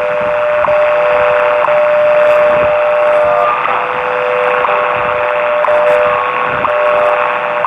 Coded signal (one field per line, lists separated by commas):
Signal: radio time signal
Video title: WWV and WWVH, 10 MHz from San Francisco, California -- 2:39, 17 Apr 2020 (UTC)